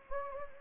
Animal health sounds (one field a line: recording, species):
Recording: mosquito wingbeat signal from an infrared sensor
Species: Anopheles gambiae